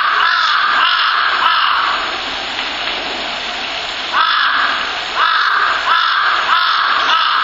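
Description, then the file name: Crow cawing a few times over a steady loud hiss. "フクロウ雛とカラス"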